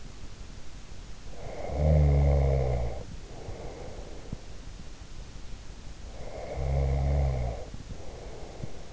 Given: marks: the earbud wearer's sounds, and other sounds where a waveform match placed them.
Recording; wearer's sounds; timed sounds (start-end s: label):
sounds in sleep by an in-ear microphone; snoring breath
1.36-4.42 s: snoring breath
6.16-8.93 s: snoring breath